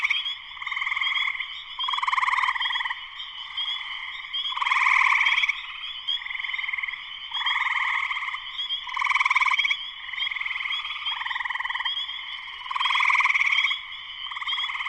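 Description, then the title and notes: Spring peepers in a dense chorus, overlapping high peeps pulsing in loud swells every couple of seconds over a steady shrill background. Spring peepers in full chorus shortly after sunset, Sleeping Bear Dunes National Lakeshore, northern Michigan, USA; persistent, lush chorus. "Spring peepers (chorus frogs) in full chorus shortly after sunset in the Sleeping Bear Dunes National Lakeshore in northern Michigan, USA."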